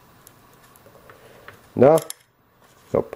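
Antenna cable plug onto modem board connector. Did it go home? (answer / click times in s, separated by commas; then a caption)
yes / 1.5 s. Someone presses the round antenna cable plug over the tiny micro-connector on the modem board until it clicks on and seats at 1.5 s. Faint ticks come before the click, and someone then talks briefly.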